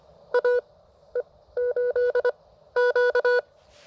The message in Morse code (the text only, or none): AE8Q